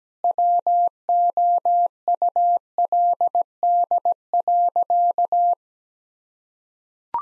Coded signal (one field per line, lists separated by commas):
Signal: Morse code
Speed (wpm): 17 wpm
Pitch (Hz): 700 Hz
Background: none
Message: WOULD.